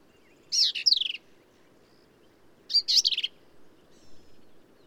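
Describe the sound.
Black-capped vireo song: two short, harsh, jumbled phrases of rapid high notes, about two seconds apart.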